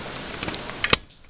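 A wire-harness plug is pushed fully flush into its socket on a Samsung TV's power supply board during reassembly, because if it is not flush it won't work right. A few faint ticks and rattles come first, then a sharp click at 0.9 s as the connector seats.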